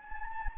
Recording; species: mosquito wingbeat signal from an infrared sensor; Anopheles gambiae